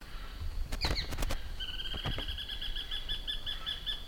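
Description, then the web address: Tacarcuna tapaculo song: a rapid string of short, repeated notes that starts after a few sharp knocks, then runs steadily to the end. "Tacarcuna tapaculo. صدای-پرنده-تپلک-پانامایی"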